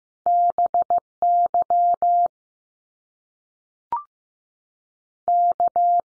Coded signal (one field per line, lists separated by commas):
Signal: Morse code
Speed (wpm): 15 wpm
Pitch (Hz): 700 Hz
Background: none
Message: B Y K